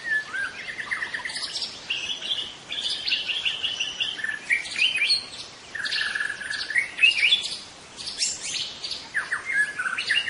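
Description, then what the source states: White-rumped shama song: rich, varied phrases mixing clear whistles with harsh, buzzy bursts, delivered almost continuously with short pauses. In forest.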